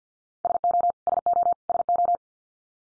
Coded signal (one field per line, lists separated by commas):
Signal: Morse code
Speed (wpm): 50 wpm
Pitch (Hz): 700 Hz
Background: none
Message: SO SO SO